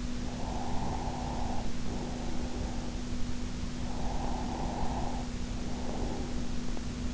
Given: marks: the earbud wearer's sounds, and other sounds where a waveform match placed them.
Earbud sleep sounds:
sounds in sleep by an in-ear microphone; breath
0.00-3.02 s: breath
3.53-6.91 s: breath

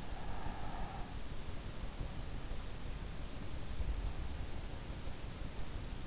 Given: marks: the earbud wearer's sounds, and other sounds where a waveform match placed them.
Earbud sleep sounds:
sounds in sleep by an in-ear microphone; breath
0.22-1.48 s: breath

